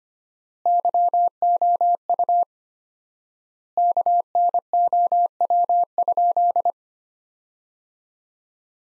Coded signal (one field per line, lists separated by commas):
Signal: Morse code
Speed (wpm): 25 wpm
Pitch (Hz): 700 Hz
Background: none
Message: YOU KNOW?